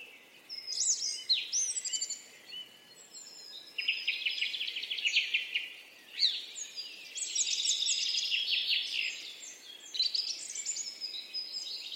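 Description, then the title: Birds singing in bursts of high trills, chirps and warbles with brief lulls. "Birds Singing - Birds Chirping"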